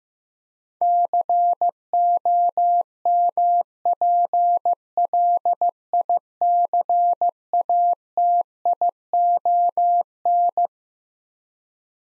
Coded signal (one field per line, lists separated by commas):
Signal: Morse code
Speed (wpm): 15 wpm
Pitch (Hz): 700 Hz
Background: none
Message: COMPLICATION